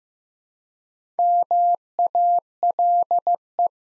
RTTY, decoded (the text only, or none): none